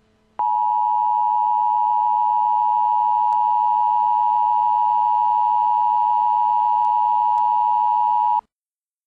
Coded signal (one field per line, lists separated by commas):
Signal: Emergency Alert System (SAME) tones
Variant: 853 and 960 Hz attention tone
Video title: Tsunami Warning: Hawaii (2:45AM 3/11/11)